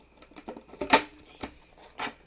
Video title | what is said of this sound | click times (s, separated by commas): Greenote Air Purifier (22dB HEPA Filter) Unboxing | you just twist it on, it locks in place. | 0.9 s